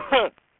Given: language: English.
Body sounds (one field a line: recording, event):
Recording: throat vibration sensor signal played as sound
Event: cough